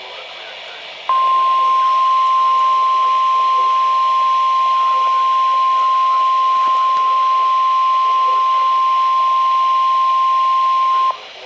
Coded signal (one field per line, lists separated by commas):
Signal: Emergency Alert System (SAME) tones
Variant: 1050 Hz attention tone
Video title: Double Header Flood Warnings (EAS #1,145-1,146)